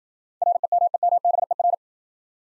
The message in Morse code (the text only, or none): REMEMBER